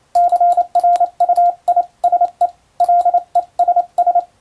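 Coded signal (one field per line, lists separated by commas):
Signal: Morse code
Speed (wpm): 28 wpm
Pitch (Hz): 700 Hz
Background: radio noise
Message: CRUISE LESS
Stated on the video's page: Morse sent with a telegraph key by a first-class radiotelegraph operator during amateur radio contacts.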